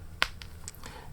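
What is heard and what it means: The leg of a Jazwares Halo Infinite 1/18-scale plastic Brute Chieftain action figure is pushed outward on its sliding hip extension, giving one sharp click at 0.2 s followed by a few fainter ticks. It stops at the first of two clicks, so the leg is left only partly extended rather than fully out.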